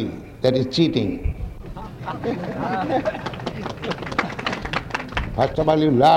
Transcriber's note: applause